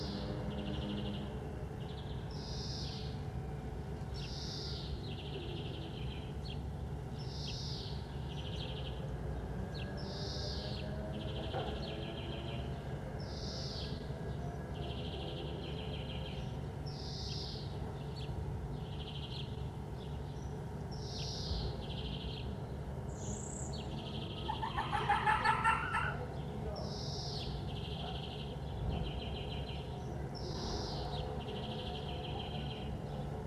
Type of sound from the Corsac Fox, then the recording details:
barking. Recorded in captivity. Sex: male. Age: adult. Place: Zoologisches Institut der HUB, Berlin, DE. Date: 1966-04-30 11:45. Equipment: Qualiton, GDM 121, Transistorverstärker. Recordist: Tembrock, Günter